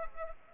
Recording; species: mosquito wingbeat signal from an infrared sensor; Culex pipiens